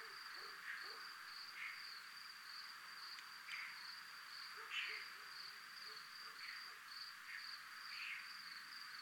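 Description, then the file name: High, regular cricket trill carrying steadily through, joined by occasional hissy puffs and faint low clicks. Recorded in a military zone. "zona militar crickets"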